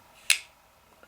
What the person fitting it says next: nice solid click.